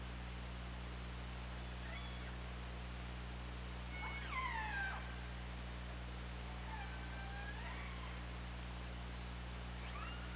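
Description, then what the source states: Orca calls, a tangled burst of crossing sweeping squeals, then softer arching and rising cries later, all over a steady low hum. Recorded on the OrcaLab hydrophone on 24 August 2017 at 20:25.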